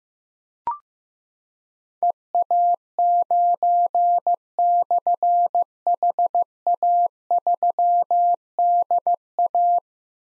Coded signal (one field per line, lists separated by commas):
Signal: Morse code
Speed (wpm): 15 wpm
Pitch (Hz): 700 Hz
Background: none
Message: EA9/HA3DA